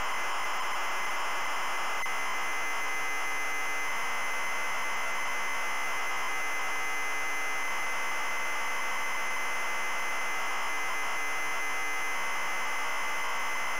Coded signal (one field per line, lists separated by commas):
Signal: ZX Spectrum tape loading